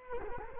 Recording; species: mosquito wingbeat signal from an infrared sensor; Culex quinquefasciatus